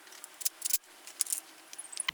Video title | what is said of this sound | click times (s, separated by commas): How does a starter work? | In its index, you can feel it clicking in. | 1.2 s, 2.1 s